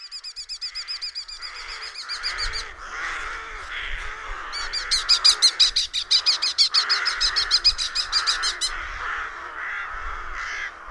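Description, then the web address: Red-footed falcon calls: rapid series of harsh, high, repeated kee notes over a chattering background. "Madardalok Cd 2-Kék vércse"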